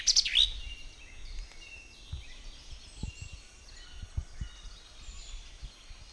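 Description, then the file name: Common chaffinch call: one sharp, bright high note at the very start, then only faint bird notes and low rumbling background noise. "Fringilla coelebs"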